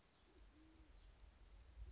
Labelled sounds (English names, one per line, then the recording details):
Band-tailed Pigeon
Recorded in Sonoma County, California